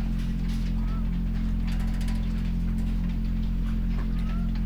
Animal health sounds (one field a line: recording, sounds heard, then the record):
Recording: poultry house recording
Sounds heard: sick chickens (respiratory disease)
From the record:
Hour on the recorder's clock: 20